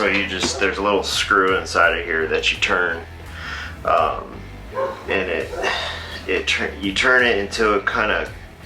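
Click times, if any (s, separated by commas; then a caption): none. A small adjuster screw inside the metal cam chain tensioner of a motorcycle engine is being handled while someone talks over background music throughout. The screw is meant to be turned until it clicks into place and locks itself, but nothing has seated or clicked yet when the clip ends.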